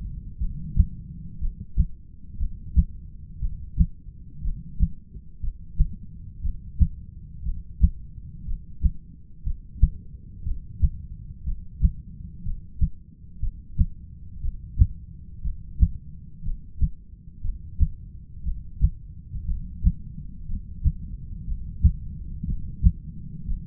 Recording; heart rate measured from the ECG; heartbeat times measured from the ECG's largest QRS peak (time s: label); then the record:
heart sounds by stethoscope; 60 bpm
0.39 s: heartbeat
1.40 s: heartbeat
2.38 s: heartbeat
3.40 s: heartbeat
4.42 s: heartbeat
5.41 s: heartbeat
6.42 s: heartbeat
7.43 s: heartbeat
8.45 s: heartbeat
9.44 s: heartbeat
10.43 s: heartbeat
11.44 s: heartbeat
12.43 s: heartbeat
13.40 s: heartbeat
14.41 s: heartbeat
15.42 s: heartbeat
16.43 s: heartbeat
17.42 s: heartbeat
18.43 s: heartbeat
19.46 s: heartbeat
20.47 s: heartbeat
21.45 s: heartbeat
22.45 s: heartbeat
23.46 s: heartbeat
From the record:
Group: heart failure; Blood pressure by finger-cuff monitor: 116/68 mmHg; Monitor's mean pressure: 85 mmHg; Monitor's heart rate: 60 bpm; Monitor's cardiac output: 7.2 L/min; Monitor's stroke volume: 119 mL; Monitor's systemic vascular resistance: 840 dyn s/cm5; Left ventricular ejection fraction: 25%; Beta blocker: metoprolol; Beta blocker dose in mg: 62.5 twice daily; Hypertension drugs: ramipril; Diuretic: furosemide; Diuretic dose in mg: 40 twice daily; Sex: male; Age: 57 years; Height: 180 cm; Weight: 90.5 kg